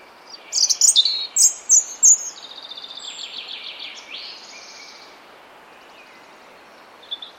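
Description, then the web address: European robin song, loud sharp high notes at the start, then a fast fading trill and a faint final note, with soft steady hiss behind. "cianscape birddata Deverinetal 2025 Bird Only Er Ru"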